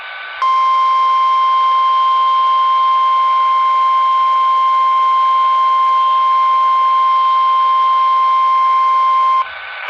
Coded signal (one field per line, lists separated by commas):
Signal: Emergency Alert System (SAME) tones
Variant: 1050 Hz attention tone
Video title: TFT Relay: WXL40 RWT (2/26/20)(EAS #262)